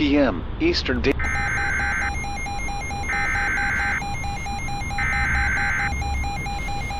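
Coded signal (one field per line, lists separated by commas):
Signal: Emergency Alert System (SAME) tones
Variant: header bursts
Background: speech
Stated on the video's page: Fictional EAS mock set during a thunderstorm, not a real alert.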